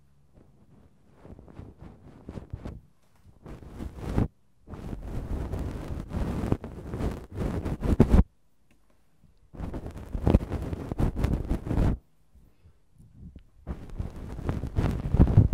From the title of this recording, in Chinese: 鹅毛棒耳骚